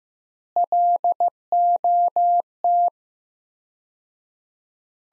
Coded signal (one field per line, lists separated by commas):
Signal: Morse code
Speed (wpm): 15 wpm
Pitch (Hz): 700 Hz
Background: none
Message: LOT